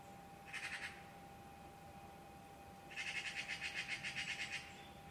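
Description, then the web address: Bird call: a short burst of a few rapid chattering pulses, then a longer run of many, over a steady hum. "Deverinetal 2025. Bird Only"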